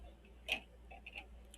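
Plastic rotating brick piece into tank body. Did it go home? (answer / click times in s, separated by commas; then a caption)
no / none. A plastic rotating brick piece is pushed onto the body of a Play Day Expressions Battle Tank M38-B0746 building set from Walmart. A few small, light plastic taps are heard, the loudest near 0.5 s. The part just spins freely, and nothing has seated or clicked into place.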